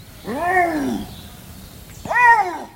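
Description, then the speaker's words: Lynx call: two loud, harmonic, arching yowls, the first rising then falling, the second shorter and sharper after a pause. A lynx cry, one people are not used to hearing, played from a museum sound library. "On n'est pas habitué forcément à entendre le cri du lynx."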